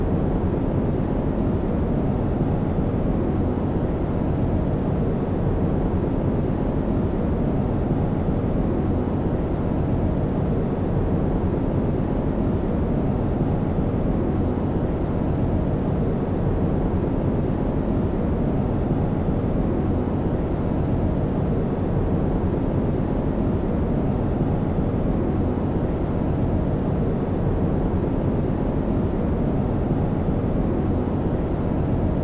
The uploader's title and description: Brown Noise Sound Machine. Brown Noise, also known as Red Noise, is a deep and rich variant of White Noise that predominantly encompasses low-end frequencies.